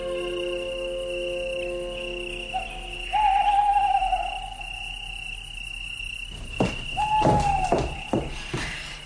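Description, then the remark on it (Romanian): Steady cricket chirring fills the night air while an owl calls twice, each hoot a wavering tone, the second followed by a few dull knocks and rustles. “Ascultă, e bufnița.”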